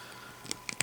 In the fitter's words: snap into place here there we go